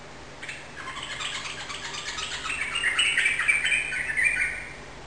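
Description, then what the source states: Yellow-vented bulbul song building into a rapid, jumbled run of liquid, bubbling notes lasting about four seconds. Rapid song in the 'ropel' style, recorded indoors in a room; local Indonesian name trucukan.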